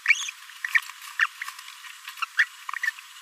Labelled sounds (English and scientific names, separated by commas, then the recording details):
Green-rumped Parrotlet (Forpus passerinus) babbling
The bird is a male
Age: 26 days
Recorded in a nest box in Venezuela
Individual 17B42A3